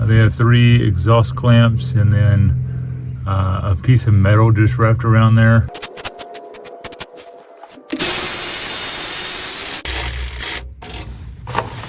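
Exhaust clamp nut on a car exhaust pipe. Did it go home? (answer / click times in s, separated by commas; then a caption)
no / none. Someone talks, then wrenches on a rusty steel exhaust clamp nut at a previously patched leak on a Maverick's exhaust pipe, making scraping metallic clanks and sharp ticks around 6.9, 7.9, 9.9, 10.3 and 11.6 seconds amid a broad hiss. The nut strips while being loosened, and nothing has seated or clicked.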